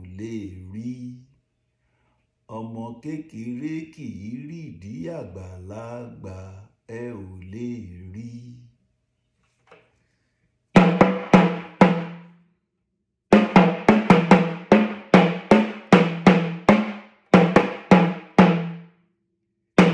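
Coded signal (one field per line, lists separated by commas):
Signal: talking drum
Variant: Yoruba sakara drum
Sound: spoken or chanted phrase, then about 18 low resonant drum strokes in phrases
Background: voice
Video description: Playing "Aṣiri Wa Tẹ Nfẹju Toto Mọ" with the Yoruba Orunsha Sakara talking drum by Jammal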